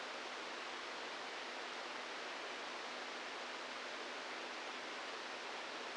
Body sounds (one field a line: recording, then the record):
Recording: brain microelectrode recording played as sound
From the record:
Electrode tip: inside the subthalamic nucleus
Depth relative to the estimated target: -2 mm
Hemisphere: right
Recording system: NeuroSet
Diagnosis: Parkinson's disease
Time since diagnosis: 8 years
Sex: male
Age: 46 years